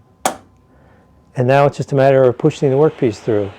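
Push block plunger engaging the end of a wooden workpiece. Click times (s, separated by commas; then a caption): 0.3 s. A table-saw push block is pressed down so its spring plunger hooks over the back edge of a wooden workpiece, giving one sharp, short click at 0.3 s as the plunger seats. After a quiet moment, someone talks.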